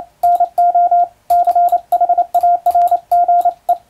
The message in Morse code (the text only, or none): NO CHARGE